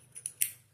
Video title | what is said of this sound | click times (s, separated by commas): Quick and Easy Way To Clean Any Suppressor Baffles, Supplies and Machine 💪 | turn it until you hear the audible click and now it's it's locked in see | 0.3 s, 0.4 s